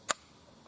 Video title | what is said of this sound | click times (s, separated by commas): Japanese Type 99 Arisaka | just locks in place like that | 0.1 s